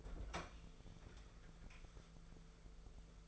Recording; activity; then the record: daily activity, microphone in the room; open fridge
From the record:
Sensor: 5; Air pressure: 1015.1 hPa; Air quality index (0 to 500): 180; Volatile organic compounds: 7 ppm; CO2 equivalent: 1975 ppm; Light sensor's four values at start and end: 47/110/46/48 and 51/119/50/52